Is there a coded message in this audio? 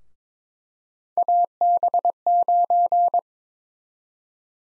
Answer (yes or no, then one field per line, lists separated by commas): yes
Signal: Morse code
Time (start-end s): 1.2-3.2 s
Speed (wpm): 22 wpm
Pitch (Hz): 700 Hz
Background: none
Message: AB9